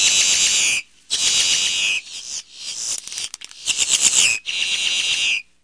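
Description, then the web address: Boat-tailed grackle giving long, harsh, buzzy screeches broken by brief gaps, with some rapid choppy notes. "Peterson North American Birds"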